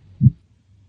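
A single low, dull thump stands out in this brief snippet, followed by much quieter low-pitched sound. It is part of a normal adult heartbeat, where the two heart sounds differ: one beats louder and the other softer.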